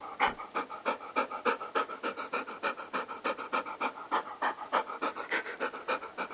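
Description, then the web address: Golden Retriever panting rapidly and steadily, about three breathy huffs per second, each a soft airy puff, with no other sounds. Domestic dog panting. "Sound Effects-Foundation 1 ANIMAL DOG GOLDEN RETRIEVER DOTTI PANT"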